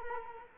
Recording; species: mosquito wingbeat signal from an infrared sensor; Culex quinquefasciatus